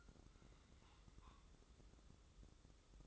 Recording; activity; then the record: daily activity, microphone in the room; take from stove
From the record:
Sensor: 3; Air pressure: 995.4 hPa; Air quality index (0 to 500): 85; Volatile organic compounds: 8 ppm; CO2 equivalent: 2062 ppm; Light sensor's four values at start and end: 26/79/33/28 and 26/79/33/28